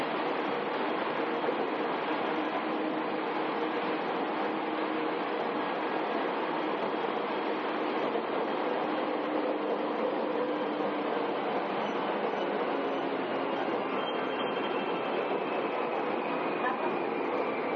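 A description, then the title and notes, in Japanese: A ride aboard an Izukyu 8000 series train on the Izu Kyuko line between Izukyu-Shimoda and Ito. A steady, dense rumble of running wheels and motor fills the whole clip at an even level, with a faint humming tone and a thin high whine drifting in later. 伊豆急8000系 伊豆急下田〜伊東。伊豆急行線の全区間の録音です。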